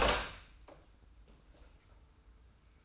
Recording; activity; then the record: daily activity, microphone in the room; open door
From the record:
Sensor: 2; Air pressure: 990.2 hPa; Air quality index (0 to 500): 182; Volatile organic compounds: 1000 ppm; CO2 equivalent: 5766 ppm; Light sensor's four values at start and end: 35/81/33/33 and 34/81/33/33